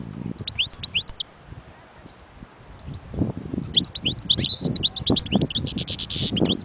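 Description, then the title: European goldfinch song in short twittering bursts with a buzzy trill near the end, over low rumbling sounds in the background. Wild bird. "اجمل غناءالحسون الخلويchant chardonneret sauvage collection"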